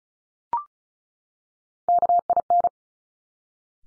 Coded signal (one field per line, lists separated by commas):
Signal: Morse code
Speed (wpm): 36 wpm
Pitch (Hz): 700 Hz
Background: none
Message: KIN